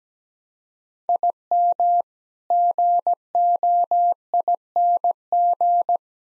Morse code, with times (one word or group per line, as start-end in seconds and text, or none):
1.1-2.0 IM
2.5-6.0 GOING